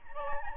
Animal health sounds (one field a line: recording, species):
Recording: mosquito wingbeat signal from an infrared sensor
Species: Aedes albopictus